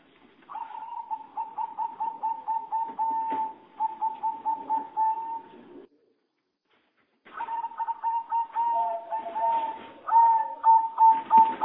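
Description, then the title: Java sparrow song: rapid runs of stuttering, bell-like notes on one steady pitch, broken by a brief silent pause before the chatter resumes, ending in clearer whistled notes. "kicau gelatik"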